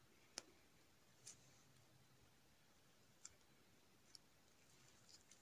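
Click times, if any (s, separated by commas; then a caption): none. A rubber dust seal is handled while being fitted onto a motorcycle front brake caliper, to be pressed over a small retainer lip around its outside edge. Sharp, brief handling clicks sound at about 0.4 s and 3.3 s, with fainter taps near 1.3 s, 4.2 s and 5.2 s over a quiet background. Nothing has seated or clicked into place yet.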